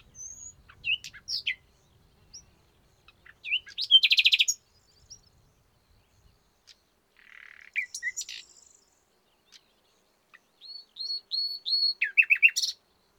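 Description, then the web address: Common nightingale song: scattered sharp chirps, a loud buzzy burst near four seconds, a grating phrase, then several repeated whistles ending in a quick trill. "SETE Luscinia megarhynchos"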